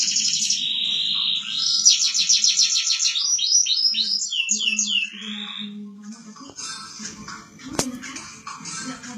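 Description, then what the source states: Canary song: a long fast stream of rolling trills and sweeping looped whistles, changing phrase often, then softer scattered notes with a low hum and a click. Champion singing canary.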